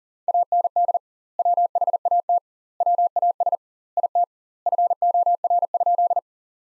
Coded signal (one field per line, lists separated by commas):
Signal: Morse code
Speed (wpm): 40 wpm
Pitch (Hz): 700 Hz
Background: none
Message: AND WHAT WAS IT FOR?